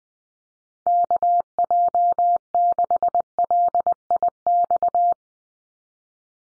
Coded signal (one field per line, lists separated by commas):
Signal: Morse code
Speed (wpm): 20 wpm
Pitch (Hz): 700 Hz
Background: none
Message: KJ6LIX